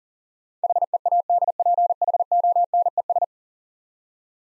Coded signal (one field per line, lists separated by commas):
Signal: Morse code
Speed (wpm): 43 wpm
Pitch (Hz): 700 Hz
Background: none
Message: HEADPHONES